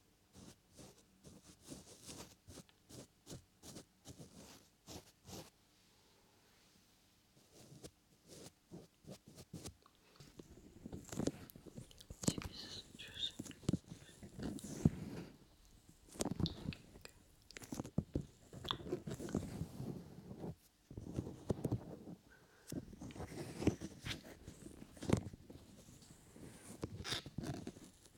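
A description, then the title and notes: An ear massage and ear cleaning with dense, crackly rubbing and scratching, brushing up close against the microphone. The first ten seconds bring lighter, clipped strokes in short bursts. After about ten seconds the rubbing grows louder, busier and more continuous, broken by brief pauses. Ear Massage and Ear Cleaning.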